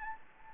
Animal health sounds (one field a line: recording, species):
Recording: mosquito wingbeat signal from an infrared sensor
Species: Anopheles gambiae